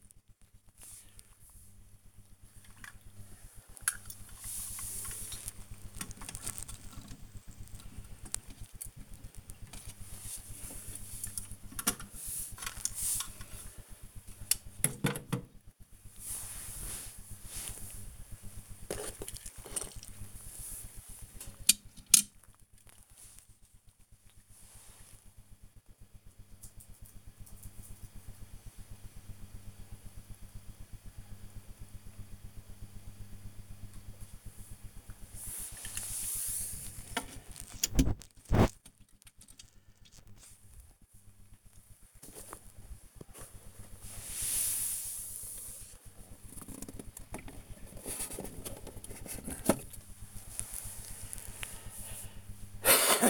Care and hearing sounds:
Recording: household activities, microphone on the right wrist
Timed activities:
0.00-24.15 s: dusting model cars
33.20-53.30 s: dusting model cars

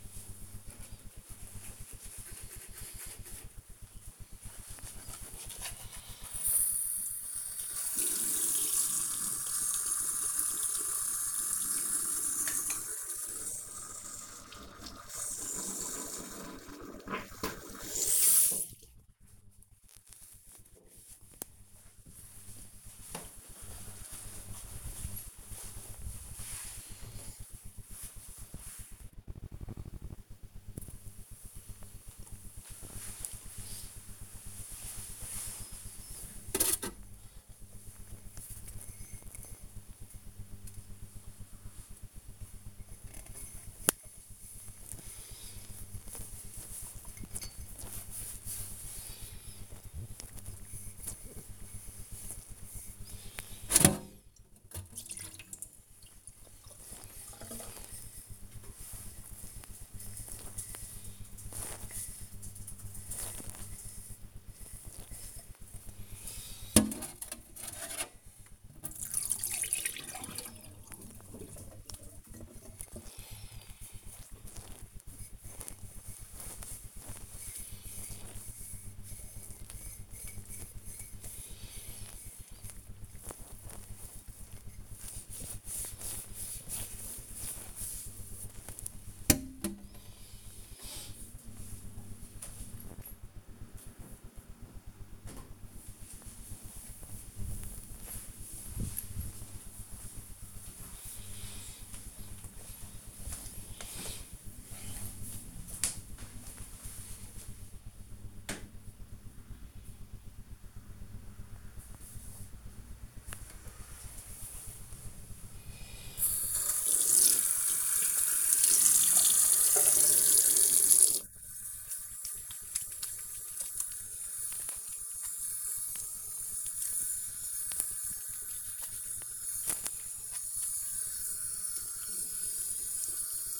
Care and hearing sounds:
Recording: household activities, microphone on the right wrist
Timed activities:
0.00-20.07 s: brushing teeth
42.20-90.55 s: washing dishes
73.44 s: note: using wet sponge without flowing water
112.70-133.60 s: washing hands

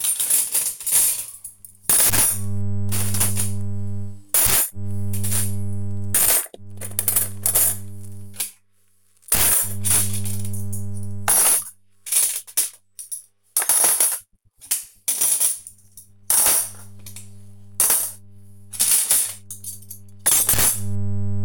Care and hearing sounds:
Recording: household activities, microphone on the right wrist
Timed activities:
0.00-21.45 s: putting away the dishes

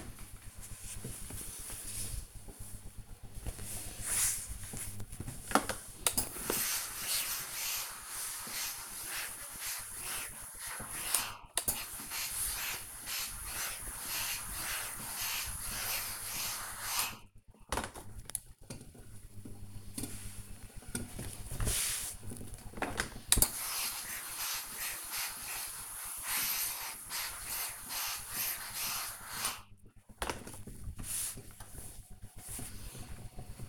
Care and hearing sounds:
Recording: household activities, microphone on the right wrist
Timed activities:
5.16-33.68 s: ironing laundry

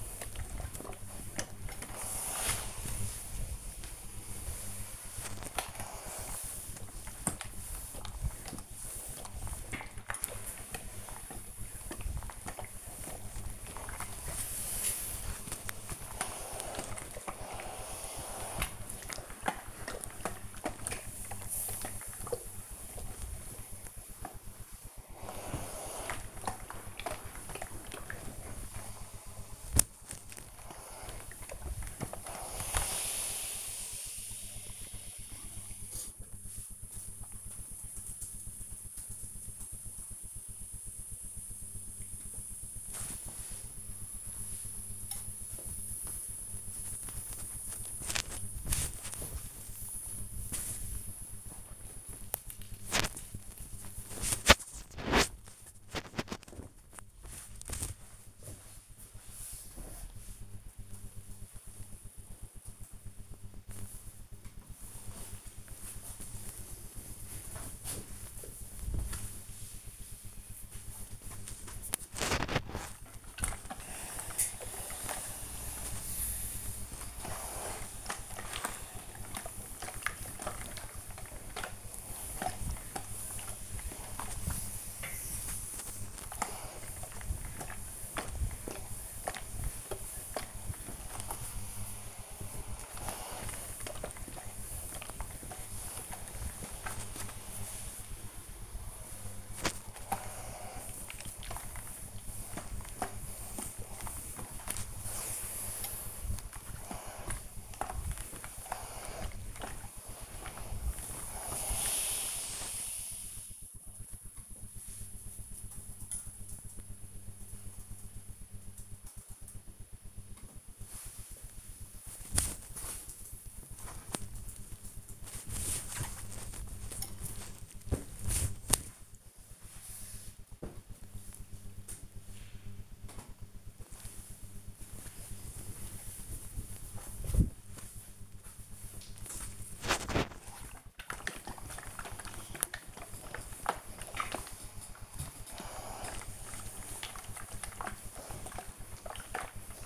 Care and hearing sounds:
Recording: household activities, microphone on the right wrist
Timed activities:
0.00-35.48 s: ironing laundry
41.51-59.58 s: folding laundry
63.61-113.77 s: ironing laundry
119.80-129.82 s: folding laundry
132.82-149.86 s: ironing laundry

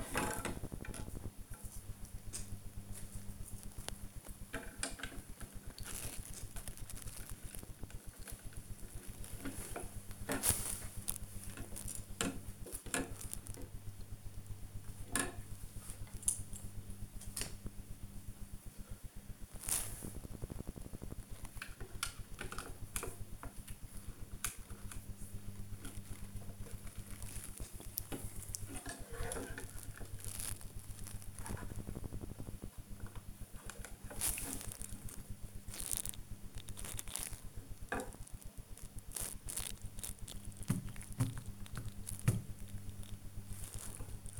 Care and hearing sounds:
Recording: household activities, microphone on the right wrist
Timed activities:
4.20-44.40 s: building with lego

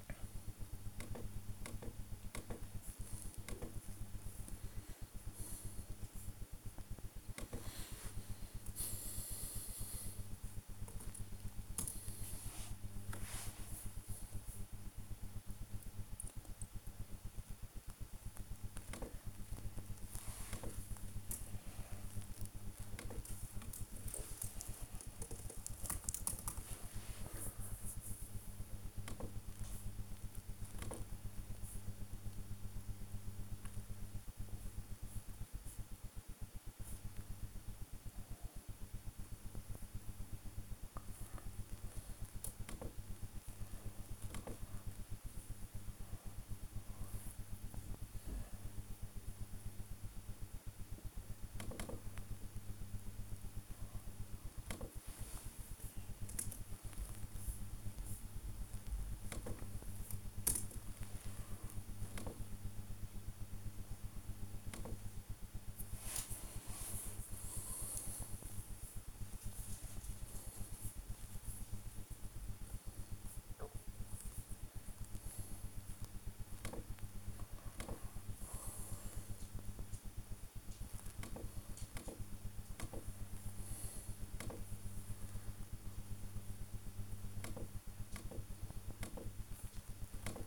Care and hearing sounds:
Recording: household activities, microphone on the right wrist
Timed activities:
0.00-22.08 s: working on the computer
28.13-90.46 s: working on the computer

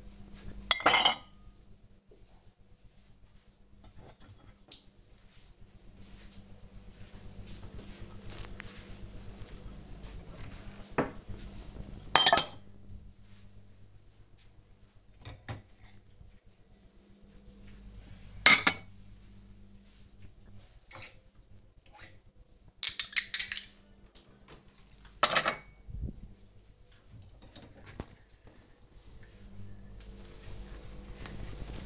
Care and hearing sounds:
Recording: household activities, microphone on the right wrist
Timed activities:
0.00-31.86 s: cleaning out the dishwasher

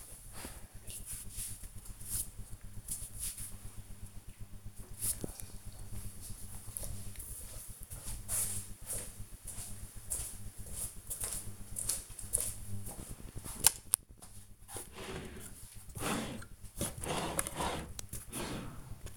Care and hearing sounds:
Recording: household activities, microphone on the right wrist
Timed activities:
0.00-8.78 s: ironing laundry

